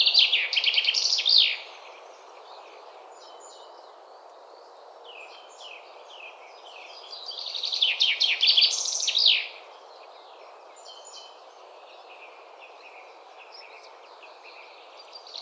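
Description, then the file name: Common Chaffinch singing a descending, accelerating trill with a terminal flourish, repeated twice about seven seconds apart, with fainter birds and hiss between. "Fringilla coelebs"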